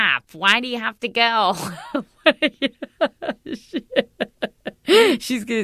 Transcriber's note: laughter